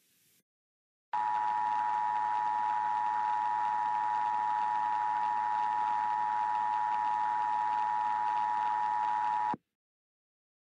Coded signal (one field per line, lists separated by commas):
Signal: Emergency Alert System (SAME) tones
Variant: 853 and 960 Hz attention tone